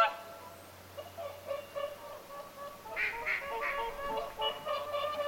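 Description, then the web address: Whooper swans calling, soft nasal honks at first, then a busier burst of overlapping trumpeting notes in the second half. Whooper swans calling at Lintulahti on 6 November 2025. "paivat 6 11 2025 laulujoutsenten aantelya lintulahdella"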